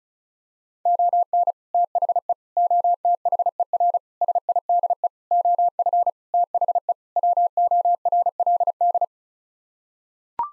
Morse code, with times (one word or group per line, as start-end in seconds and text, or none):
0.9-1.5 ON
1.7-2.3 THE
2.6-4.0 OTHER
4.2-5.1 SIDE
5.3-6.1 OF
6.3-6.9 THE
7.2-9.0 WORLD